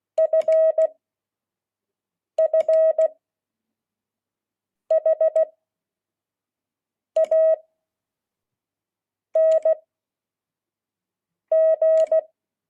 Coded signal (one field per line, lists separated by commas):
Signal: Morse code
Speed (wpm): 16 wpm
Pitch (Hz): 640 Hz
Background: none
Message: FF HANG